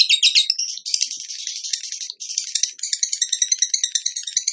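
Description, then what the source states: Bird song of dense, high buzzy trills and rattles, broken by brief pauses and ending in rapid, evenly pulsed notes. Master recording for training cage birds; lively (gacor) singer in the tembakan style.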